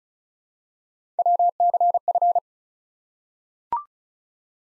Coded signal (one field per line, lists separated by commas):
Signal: Morse code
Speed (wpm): 36 wpm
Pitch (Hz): 700 Hz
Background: none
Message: WCF